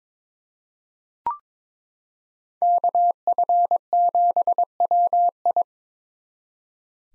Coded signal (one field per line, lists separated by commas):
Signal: Morse code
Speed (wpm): 22 wpm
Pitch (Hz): 700 Hz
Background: none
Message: KF7WI